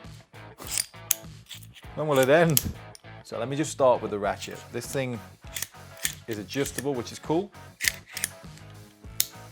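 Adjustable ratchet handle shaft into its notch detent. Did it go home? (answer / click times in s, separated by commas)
yes / 9.2 s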